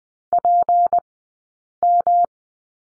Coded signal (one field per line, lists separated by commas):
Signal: Morse code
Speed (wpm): 20 wpm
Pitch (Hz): 700 Hz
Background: none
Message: PM